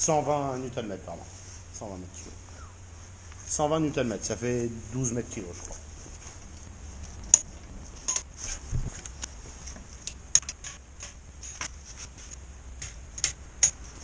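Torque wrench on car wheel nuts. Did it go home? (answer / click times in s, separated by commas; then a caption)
yes / 7.3 s, 10.4 s. A torque wrench set to 120 Nm is used for the final tightening of the wheel nuts on a car wheel, a BMW E91. Someone talks at the start, then sharp loud clicks are heard at 7.3 s and 10.3 s as the wrench breaks at its setting on successive nuts, with a few quieter taps after.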